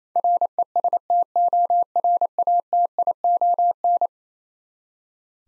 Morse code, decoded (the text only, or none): RESTORATION